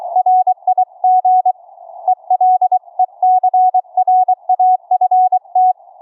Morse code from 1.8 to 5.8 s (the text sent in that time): ELECRAFT